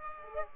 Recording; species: mosquito wingbeat signal from an infrared sensor; Aedes aegypti